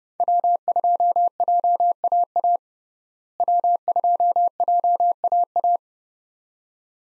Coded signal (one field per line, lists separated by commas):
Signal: Morse code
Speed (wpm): 30 wpm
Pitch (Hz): 700 Hz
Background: none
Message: W2JAA W2JAA